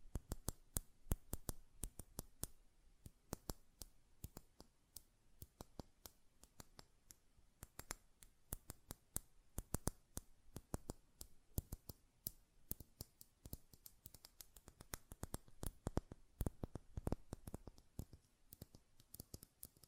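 Glass perfume bottle tapped and handled, with a rapid, irregular stream of sharp little clicks and ticks running throughout the twenty seconds. The hits come densely, sometimes in quick clusters, each one bright and brief, over a quiet, faint background.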